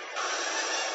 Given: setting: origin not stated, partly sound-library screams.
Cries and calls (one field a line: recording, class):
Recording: one-second piece from a danger detection set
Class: woman in danger